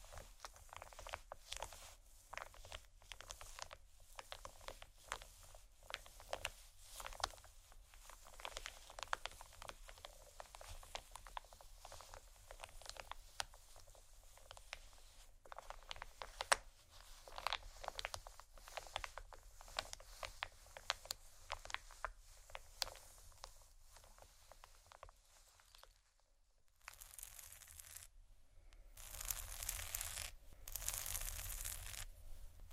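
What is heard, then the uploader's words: Soft crinkling and scratching of plastic with dense irregular tapping, briefly pausing near 26 seconds, then brighter hissy rustles toward the end. Tapping,soft crinkle,scratch,plastic,textures(No Talking).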